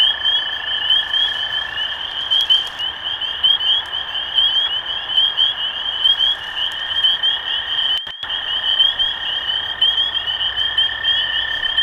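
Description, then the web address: A chorus of spring peepers giving piercing, rising peeps nonstop, over a steady lower trill, interrupted by a short break around eight seconds. Recorded 23 March 2012. "rob animals Peepers-2012-0323"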